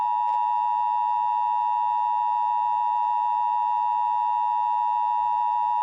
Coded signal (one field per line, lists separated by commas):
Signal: Emergency Alert System (SAME) tones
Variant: 853 and 960 Hz attention tone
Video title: EAS SCENARIO 17: Wenda's Revenge